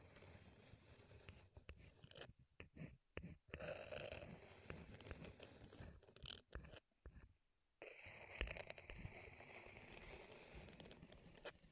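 Wooden tapping, scraping and rubbing sounds come in dense, irregular bursts with brief silent gaps, the sharpest breaks falling between about two and four seconds and near seven to eight seconds. After eight seconds the rustling turns steadier and more continuous, with a faint high hiss throughout.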